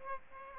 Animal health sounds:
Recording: mosquito wingbeat signal from an infrared sensor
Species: Aedes aegypti

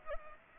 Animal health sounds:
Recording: mosquito wingbeat signal from an infrared sensor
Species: Aedes aegypti

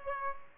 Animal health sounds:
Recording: mosquito wingbeat signal from an infrared sensor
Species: Aedes aegypti

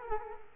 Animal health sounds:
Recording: mosquito wingbeat signal from an infrared sensor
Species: Culex quinquefasciatus

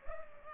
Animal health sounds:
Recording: mosquito wingbeat signal from an infrared sensor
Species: Culex pipiens

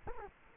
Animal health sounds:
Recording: mosquito wingbeat signal from an infrared sensor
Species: Culex quinquefasciatus

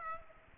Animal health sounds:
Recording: mosquito wingbeat signal from an infrared sensor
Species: Aedes aegypti

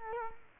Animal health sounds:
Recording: mosquito wingbeat signal from an infrared sensor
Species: Culex quinquefasciatus

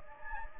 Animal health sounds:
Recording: mosquito wingbeat signal from an infrared sensor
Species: Anopheles gambiae

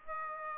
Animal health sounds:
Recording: mosquito wingbeat signal from an infrared sensor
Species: Aedes aegypti

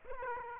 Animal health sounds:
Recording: mosquito wingbeat signal from an infrared sensor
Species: Aedes aegypti

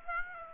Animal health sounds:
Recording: mosquito wingbeat signal from an infrared sensor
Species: Aedes aegypti

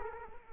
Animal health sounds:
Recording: mosquito wingbeat signal from an infrared sensor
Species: Culex quinquefasciatus

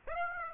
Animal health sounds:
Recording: mosquito wingbeat signal from an infrared sensor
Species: Aedes aegypti

